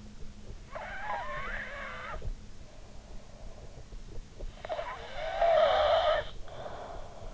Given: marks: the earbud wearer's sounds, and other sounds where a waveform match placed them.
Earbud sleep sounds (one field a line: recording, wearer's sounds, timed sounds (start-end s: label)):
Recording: sounds in sleep by an in-ear microphone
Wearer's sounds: snoring breath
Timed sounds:
0.39-2.73 s: snoring breath
4.58-7.34 s: snoring breath